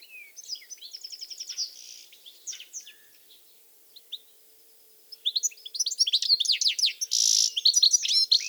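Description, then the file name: European goldfinch singing, a quiet stretch of quick tinkling notes, a pause, then a loud fast twitter of liquid chirps with a harsh buzz. "Carduelis carduelis"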